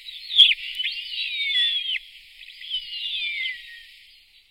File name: gypaetus barbatus